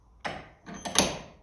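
The dust cover clip on the other side of a Ferguson TEF 20 diesel injection pump is pushed home. A scraping rub starts at 0.2 s, followed by a softer shuffle around 0.7 s and a light tick at 0.9 s. A sharp, bright click at 1.0 s shows the clip seating into place.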